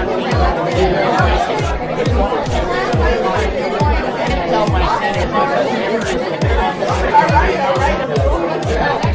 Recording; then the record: background sound without coughing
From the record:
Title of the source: Nightlife Party Simulating Party Club Noise 1 Hour